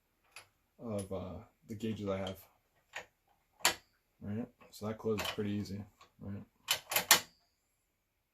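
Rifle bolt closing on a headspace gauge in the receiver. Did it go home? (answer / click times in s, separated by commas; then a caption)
yes / 7.1 s. The steel bolt of an FN FAL rifle is closed on a 253 headspace gauge in the chamber while someone talks, closing easily and locking into the locking shoulder with a sharp metallic click at 7.1 s. It seats with a little play.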